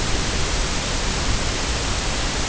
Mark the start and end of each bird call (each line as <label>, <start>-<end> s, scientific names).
Calidris melanotos, 0.00-0.80 s